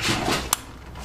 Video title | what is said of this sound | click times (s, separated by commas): Dodge Ram 2nd gen Cummins 24v injectors | you want to make sure and hear that positive snap on that also just | 0.5 s